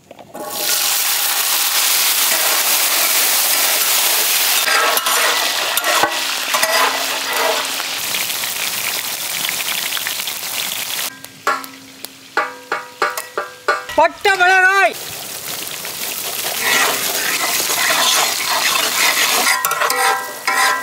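Lamb ribs fry with a dense, steady sizzle and crackle that fills most of the clip. Around 11 to 15 seconds the frying thins into sharp clinks and scrapes of stirring, with a brief rising tone near 14 seconds, before the sizzle resumes and short voices come through.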